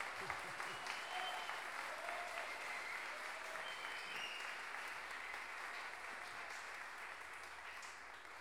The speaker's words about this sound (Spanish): bienvenidos y bienvenidas a los payadores de Chile. Un aplauso para ellos.